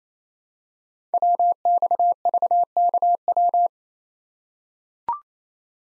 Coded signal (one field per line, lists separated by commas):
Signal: Morse code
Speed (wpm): 28 wpm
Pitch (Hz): 700 Hz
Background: none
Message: WXVKW